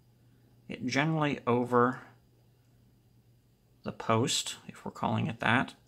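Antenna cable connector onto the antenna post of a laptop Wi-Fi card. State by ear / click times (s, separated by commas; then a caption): not seated / none. Someone talks while a small antenna cable connector is held centred over the antenna post on a laptop mini PCI-E Wi-Fi card, ready to be pushed down. Speech comes in two bursts, from about 0.7 to 2.1 s and from 3.8 s to the end, with a steady low hum in the quiet gap between them. Nothing has seated or clicked yet.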